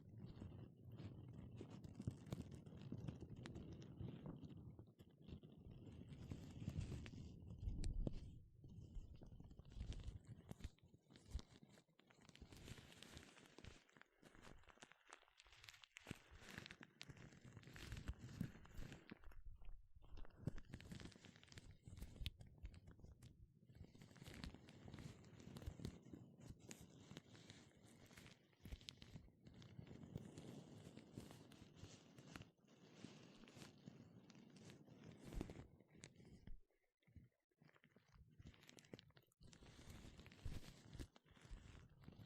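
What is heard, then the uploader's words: Gloves being handled, with dense rustling, rubbing and crunchy friction running almost nonstop through the clip. The texture shifts every few seconds as different materials are worked, with brief quieter gaps near 15, 20 and 37 seconds. 5 different GLOVES Sounds. (No Talking).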